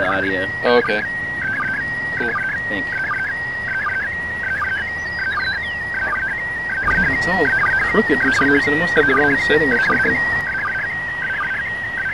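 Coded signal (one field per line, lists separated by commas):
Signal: SSTV (slow-scan television)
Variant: PD 180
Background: speech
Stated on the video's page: ISS slow scan TV transmission received in Raleigh, North Carolina, during the International Space Station SSTV event.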